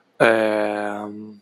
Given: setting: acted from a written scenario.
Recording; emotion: vocal sound without words; confusion